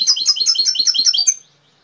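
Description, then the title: Canary song fragment: a rapid, evenly pulsed high trill of several repeated notes that then stops. Canary training (masteran) recording, full isian style. "mster Mnuk. Masteran Kenari"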